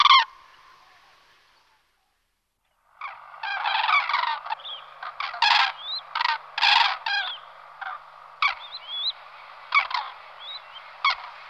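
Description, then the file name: Crane calls: one loud call, a pause, then many trumpeting notes with a few thin rising chirps mixed in. "gru"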